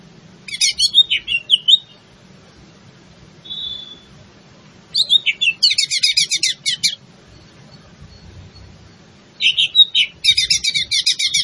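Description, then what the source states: Leafbird song in three loud bursts of rapid trilled, chattering notes with swooping whistles, separated by quiet gaps of a few seconds. In full song, a singing style called gacor; Indonesian name cucak ijo.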